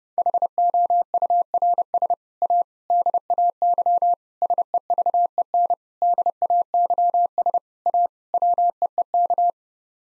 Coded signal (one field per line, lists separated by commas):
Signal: Morse code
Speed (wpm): 32 wpm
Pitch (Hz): 700 Hz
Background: none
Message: HOURS A DAY SEVEN DAYS A WEEK